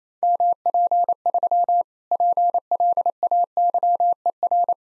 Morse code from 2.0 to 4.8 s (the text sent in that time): PLAYER